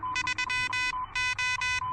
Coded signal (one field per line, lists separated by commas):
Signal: Morse code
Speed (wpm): 21 wpm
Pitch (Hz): 2000 Hz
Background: none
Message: 3 O